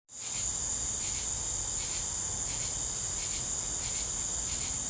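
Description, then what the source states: Crickets trill in a steady high chorus, with faint pulsed bursts rising above it now and then and a low rumble beneath. Southern summer evening ambience.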